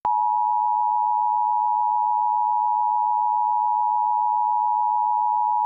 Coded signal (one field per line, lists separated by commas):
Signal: Emergency Alert System (SAME) tones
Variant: 853 and 960 Hz attention tone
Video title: (EAS #41) Optimum / Suddenlink - Ohio's Required Monthly Test (Parkersburg, WV) (12/13/2023)